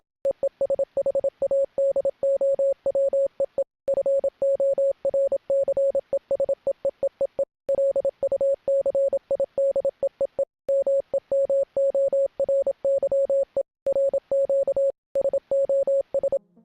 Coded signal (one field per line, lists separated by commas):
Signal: Morse code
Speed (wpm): 27 wpm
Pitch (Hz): 550 Hz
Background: radio noise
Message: EE SHADOW EE FORCES EEEEE LUCID EEE MEMORY E RQ SOS